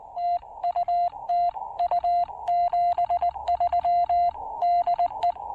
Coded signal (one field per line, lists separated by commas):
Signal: Morse code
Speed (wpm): 20 wpm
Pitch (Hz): 700 Hz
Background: none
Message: TU TU 73 DE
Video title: Picnic Table POTA with the CHA MPAS Lite and CHA UCM